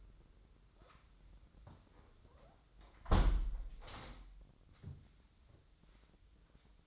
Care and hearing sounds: daily activity, microphone in the room; close window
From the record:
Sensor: 3

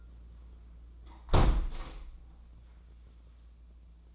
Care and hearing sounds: daily activity, microphone in the room; close window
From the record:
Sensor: 1

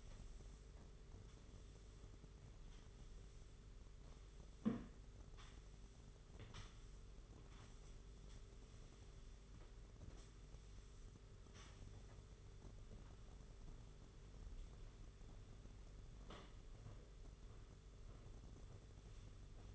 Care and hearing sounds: daily activity, microphone in the room; sweep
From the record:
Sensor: 4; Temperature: 27.1 degrees Celsius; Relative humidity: 38.3%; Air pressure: 992.2 hPa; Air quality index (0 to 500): 110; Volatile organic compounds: 18 ppm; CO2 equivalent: 2631 ppm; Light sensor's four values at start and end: 22/74/27/29 and 23/79/29/31

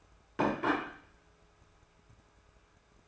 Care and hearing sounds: daily activity, microphone in the room; place plate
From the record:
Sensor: 2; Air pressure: 1014.9 hPa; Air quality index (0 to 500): 206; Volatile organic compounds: 21 ppm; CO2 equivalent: 2715 ppm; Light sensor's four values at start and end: 23/57/24/27 and 23/57/24/27

